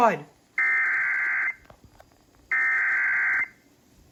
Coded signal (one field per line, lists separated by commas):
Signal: Emergency Alert System (SAME) tones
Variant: header bursts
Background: speech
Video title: CIVIL EMERGENCY MESSAGE on WXXL!! (EAS#343)